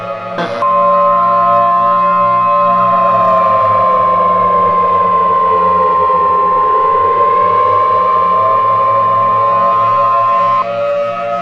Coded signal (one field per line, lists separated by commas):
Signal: Emergency Alert System (SAME) tones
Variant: 1050 Hz attention tone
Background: music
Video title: EAS Scenario - A Shot To The Skies